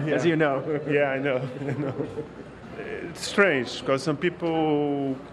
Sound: laughing

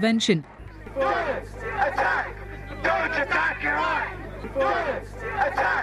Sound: the sound of a large street protest

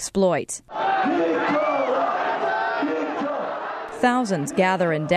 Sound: The sounds of a large anti-American street protest in Seoul

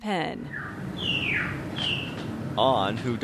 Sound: the sound of a bird singing

